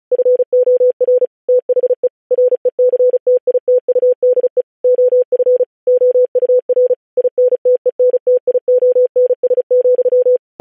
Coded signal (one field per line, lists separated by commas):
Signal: Morse code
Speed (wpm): 36 wpm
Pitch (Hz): 500 Hz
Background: none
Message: FOR THE RECTITUDE OF OUR INTENTIONS,